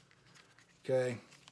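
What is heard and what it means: A plastic belt clip on a magazine holder is handled as it is slid in behind a belt, with faint small ticks near 0.1, 0.6 and 1.5 seconds over a low steady hum. Someone briefly talks around 0.9 to 1.2 seconds. The clip has not yet snapped shut, and nothing has seated or clicked into place.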